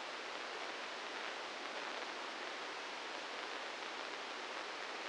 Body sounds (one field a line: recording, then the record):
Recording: brain microelectrode recording played as sound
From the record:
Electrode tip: inside the subthalamic nucleus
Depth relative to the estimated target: -1 mm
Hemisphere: right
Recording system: NeuroSet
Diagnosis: Parkinson's disease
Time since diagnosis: 15 years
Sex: female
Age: 59 years